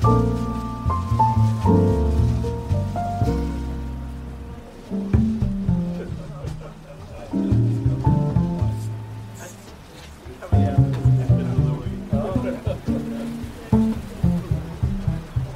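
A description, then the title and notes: Beach cafe ambience carried by soft coffee shop music: warm, low sustained chords with a steady plucked pulse that thins out around five and ten seconds before building again. Quiet chatter murmurs underneath, with small clinks and brief bright sounds scattered throughout. Beach Cafe Ambience With Relaxing Coffee Shop Music, Ocean Waves, Soft Chatter.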